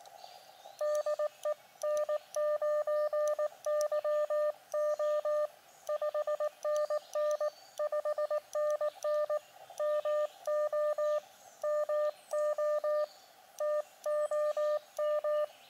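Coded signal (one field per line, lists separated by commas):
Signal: Morse code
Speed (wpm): 19 wpm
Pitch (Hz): 600 Hz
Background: none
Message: DE N9YO 5NN 5NN MO MO TOM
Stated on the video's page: QRP portable hiking operation using an Elecraft KX2 with ATU and an AX1 small antenna.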